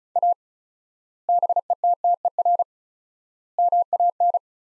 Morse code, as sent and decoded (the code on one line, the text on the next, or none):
.- / -... . - - . .-. / -- .- -.
A BETTER MAN